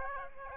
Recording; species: mosquito wingbeat signal from an infrared sensor; Aedes aegypti